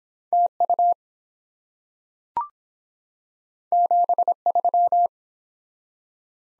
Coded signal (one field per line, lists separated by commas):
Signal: Morse code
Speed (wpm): 24 wpm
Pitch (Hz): 700 Hz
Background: none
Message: TU 73